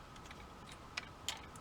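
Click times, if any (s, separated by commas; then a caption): 1.0 s, 1.3 s. A plastic brick piece that forms the foot is clipped in underneath the leg of a brick-built transforming robot. Two short, sharp clicks are heard at 0.98 s and 1.3 s over a faint steady background hum. The piece seats in place.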